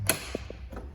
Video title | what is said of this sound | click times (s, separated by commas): 2023 KZ RV SPORTSMEN 241 RKSE STK# 13452 | you get inside you just take that handle push it up Fold It 90° locks in place | 0.1 s